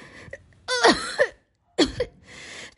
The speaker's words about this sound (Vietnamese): Nữ pháp sư ho sù sụ, nhổ ra máu. Cô thở rất chậm và khó nhọc.